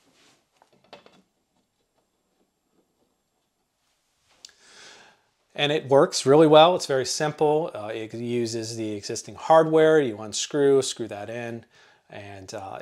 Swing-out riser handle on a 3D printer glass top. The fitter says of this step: well this allows you to swing out this little handle and it locks in place and it allows you to